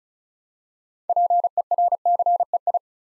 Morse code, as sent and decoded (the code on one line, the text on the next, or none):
.--. . .-. -.-. . ..
PERCEI